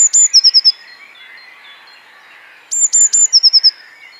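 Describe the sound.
Eurasian Blue Tit singing high piercing introductory notes that drop into a short, rapid trill. Two phrases with a pause between.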